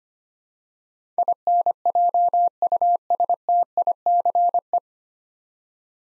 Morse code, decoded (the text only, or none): INJUSTICE